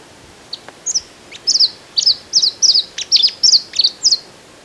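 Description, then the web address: Glossy flowerpiercer uttering a short series of high, sharp chip notes, some doubled, ending after about four seconds over faint background hiss. In Ecuador. "Natures Songs S America Birds of Ecuador. Glossy Flowerpiercer"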